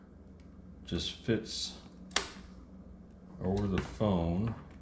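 A hard plastic bumper ring from a COOLQO iPhone 15 case is handled over the edges of a smartphone while someone talks, with a brief sharp tap at about 2.2 s. Nothing has seated or snapped into place yet.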